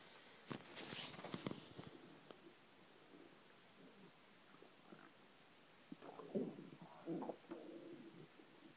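Irregular gurgles and low tonal rumbles from an adult's stomach, typical ordinary bowel sounds of digestion.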